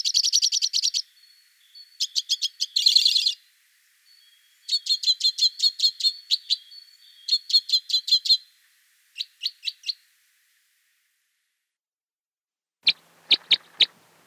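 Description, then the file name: Two-barred crossbill giving fast, high chattering trills and buzzy rattles in bursts, followed after a pause by a few sharp clicking notes. "Loxia leucoptera"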